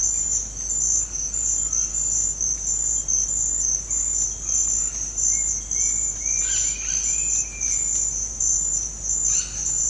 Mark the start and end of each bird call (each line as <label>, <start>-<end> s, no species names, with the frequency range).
bird call (1.1-2.9 kHz), 4.91-8.07 s